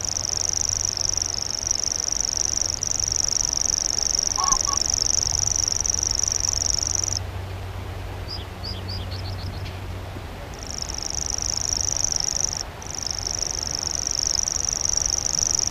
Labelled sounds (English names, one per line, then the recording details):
Common Grasshopper Warbler song
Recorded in the wild
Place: Schweinsberg, DE
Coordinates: 50.7678, 8.98222
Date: 1964-04-21 20:00
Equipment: Uher Report 4000, AKG D190
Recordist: Krey, Winfried